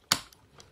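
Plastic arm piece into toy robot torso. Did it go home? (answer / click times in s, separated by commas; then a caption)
yes / 0.1 s. A plastic arm zord is attached onto the combined body of a toy Megazord robot, and a sharp plastic snap at 0.1 s shows the arm seating into the torso. Two much fainter ticks follow at about 0.3 s and 0.6 s.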